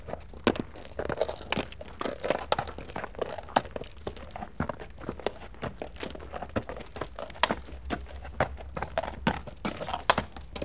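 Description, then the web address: Walking horse: sharp, irregular hoof knocks, accompanied by bright jangling and clinking of harness fittings. A single horse walking along in harness. "BBC Sound Effects Library. One Horse Walks Along In Harness"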